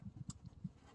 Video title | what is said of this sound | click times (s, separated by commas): Corvette C5 Oil Pressure Sensor remplacement the Quicker way | Okay, so I hear a click. | 0.3 s